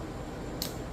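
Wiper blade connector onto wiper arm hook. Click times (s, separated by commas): 0.6 s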